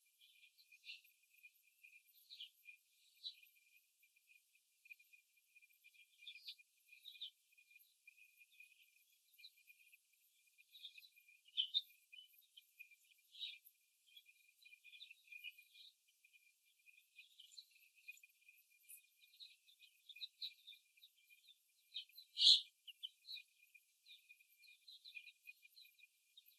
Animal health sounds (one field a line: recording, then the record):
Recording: young laying hens in a cage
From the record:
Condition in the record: before the stressor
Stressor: simulated dog barking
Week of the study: 1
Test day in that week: 2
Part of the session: 4